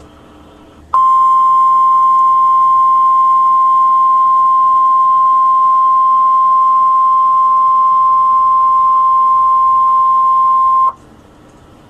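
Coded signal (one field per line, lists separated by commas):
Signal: Emergency Alert System (SAME) tones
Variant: 1050 Hz attention tone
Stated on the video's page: SAME tones for a Severe Weather Statement issued by the Norman, OK weather office, tied to a tornado warning for Oklahoma and Canadian counties.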